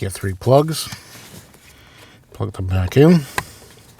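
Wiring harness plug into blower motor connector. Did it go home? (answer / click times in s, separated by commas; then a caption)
no / none. Someone talks while three plastic wiring harness plugs are handled to be pushed back into the blower motor connector sockets of the HVAC blower motor assembly on a 2014-2023 Jeep Cherokee. Nothing has seated or clicked yet.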